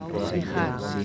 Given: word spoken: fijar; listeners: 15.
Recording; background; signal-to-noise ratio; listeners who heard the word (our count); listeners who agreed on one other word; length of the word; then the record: one Spanish word in noise, from a listening test; eight-talker babble; -2.8 dB; 1 of 15; 8 of 15; 0.65 s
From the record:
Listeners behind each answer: 8, 1, 1, 1, 1, 1, 1, 1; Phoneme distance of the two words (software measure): 48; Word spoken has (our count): 2 syllables, 5 phonemes, stress on syllable 2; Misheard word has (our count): 4 syllables, 9 phonemes, stress on syllable 4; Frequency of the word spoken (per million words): 15.92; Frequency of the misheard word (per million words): 2.20